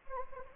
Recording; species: mosquito wingbeat signal from an infrared sensor; Anopheles gambiae